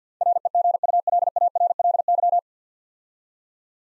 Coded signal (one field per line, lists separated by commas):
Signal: Morse code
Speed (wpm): 51 wpm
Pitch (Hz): 700 Hz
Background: none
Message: REGULARLY